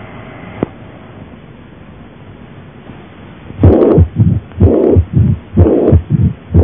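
After about three seconds of quiet, regular heart cycles at about 62 a minute, with a low rumbling sound filling the gaps between beats. This is a diastolic flow rumble heard at the apex in a ventricular septal defect, caused by increased flow across the mitral valve.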